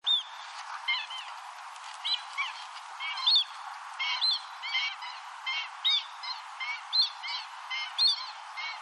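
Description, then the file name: Black-winged stilt giving repeated yelping calls, about two a second, throughout the stretch. "seitakas"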